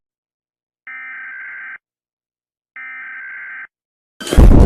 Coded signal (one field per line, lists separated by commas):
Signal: Emergency Alert System (SAME) tones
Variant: header bursts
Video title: EAS ALARM ANIMATED PARTE 10